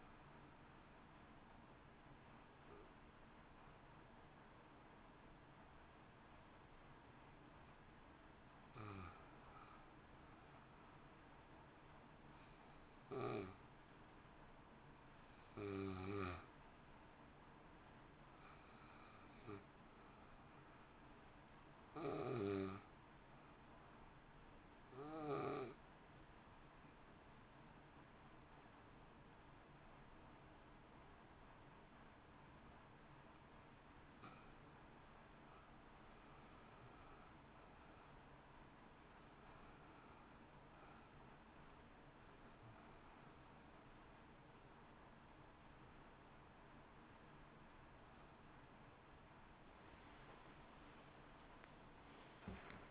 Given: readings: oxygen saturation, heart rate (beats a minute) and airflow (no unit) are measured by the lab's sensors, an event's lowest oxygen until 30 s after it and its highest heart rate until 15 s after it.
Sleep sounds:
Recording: breathing in sleep by a voice recorder at the bedside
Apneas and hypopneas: 1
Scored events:
3.00-35.70 s: hypopnea (N1, oxygen 95% highest, then 84% lowest)
9.00-39.00 s: new sleep stage, N2 (light sleep)
39.00-52.91 s: new sleep stage, awake
46.00-52.91 s: awake
From the record:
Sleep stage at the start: N1 (lightest sleep)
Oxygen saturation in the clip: 82 to 95%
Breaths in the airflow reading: 15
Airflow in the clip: -2.3 to 1.8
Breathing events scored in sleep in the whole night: 328 in 6.3 hours asleep

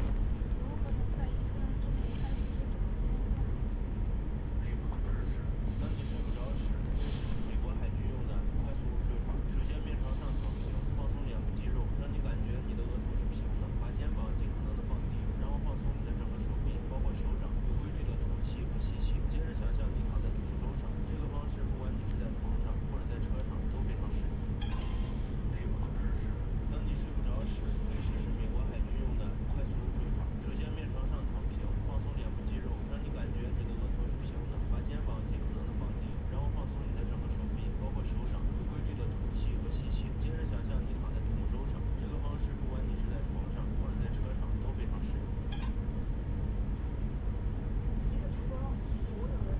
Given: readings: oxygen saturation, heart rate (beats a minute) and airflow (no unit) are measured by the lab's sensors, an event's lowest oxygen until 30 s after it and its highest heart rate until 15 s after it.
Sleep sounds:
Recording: a person awake in a sleep study, by a smartphone at the bedside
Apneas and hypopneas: none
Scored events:
0.00-49.60 s: awake
From the record:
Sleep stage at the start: awake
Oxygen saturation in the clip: 94 to 97%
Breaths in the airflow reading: 10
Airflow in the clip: -3.6 to 4.1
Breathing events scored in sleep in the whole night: 335 in 6.7 hours asleep

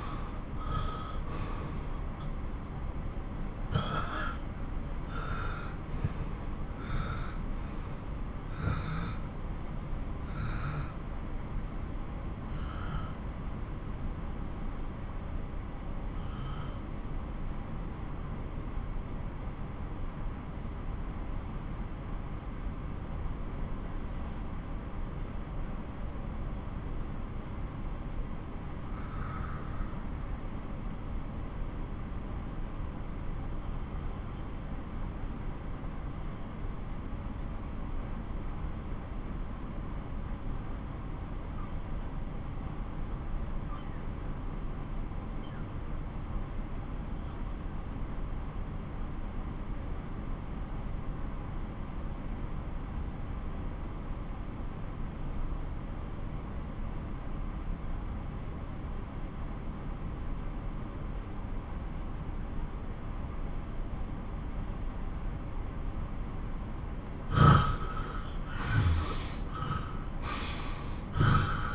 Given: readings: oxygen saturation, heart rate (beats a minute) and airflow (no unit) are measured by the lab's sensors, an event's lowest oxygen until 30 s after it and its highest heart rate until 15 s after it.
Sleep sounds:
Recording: breathing in sleep by a smartphone at the bedside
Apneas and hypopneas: 1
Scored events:
10.00-66.60 s: hypopnea (N1, oxygen 97% highest, then 83% lowest)
From the record:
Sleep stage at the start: N1 (lightest sleep)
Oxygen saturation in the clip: 81 to 97%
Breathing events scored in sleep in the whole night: 217 in 6.3 hours asleep

